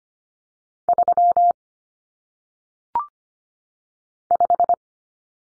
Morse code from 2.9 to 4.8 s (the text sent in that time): 5